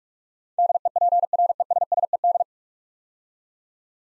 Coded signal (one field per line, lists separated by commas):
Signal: Morse code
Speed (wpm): 44 wpm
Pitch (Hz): 700 Hz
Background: none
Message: DEPRESSED